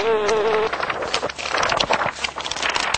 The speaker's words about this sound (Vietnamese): Ong sợ cuống cuồng, cất cánh toàn bay, nhưng không sao gỡ chân ra được, làm kêu lên những tiếng ồ ồ như người đọc sách.